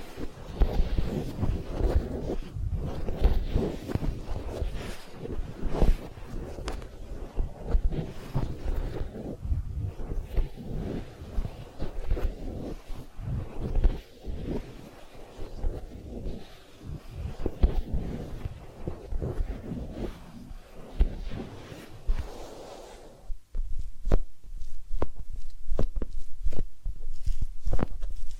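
Massage and ear cleaning sounds: dense soft rubbing and tapping throughout, with a sudden pause near 23 seconds followed by sharper, sparser clicks.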